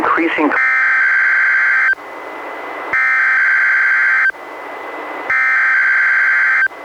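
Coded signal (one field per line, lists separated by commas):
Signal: Emergency Alert System (SAME) tones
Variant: header bursts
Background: speech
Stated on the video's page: NOAA Weather Radio required weekly test relayed from Astoria, received on a Reecom R-1630 weather radio, recorded through a Zoom H1.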